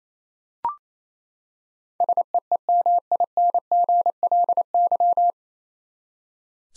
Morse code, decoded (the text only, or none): SEEMINGLY